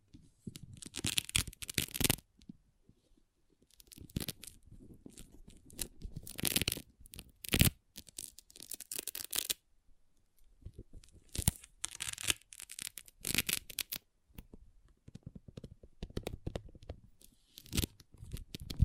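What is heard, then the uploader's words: Pixel art beads rattle and scrape in irregular bursts of crisp clicking and crunching, separated by brief quiet gaps. ASMR Relaxing Pixel Art Beads ( No Talking).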